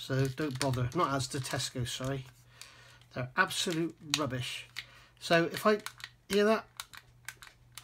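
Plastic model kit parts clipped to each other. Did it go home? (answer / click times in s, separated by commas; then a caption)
yes / 7.3 s, 7.8 s. Styrene plastic parts of a 1/32 Spitfire Mk Vb model kit are clipped together by hand while someone talks, with small sharp clicks toward the end. The parts click into place at 7.3 s and 7.8 s, seating together.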